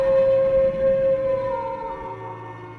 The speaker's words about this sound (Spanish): Pero allí había otro castillo y oyó el aullido de un lobo a lo lejos.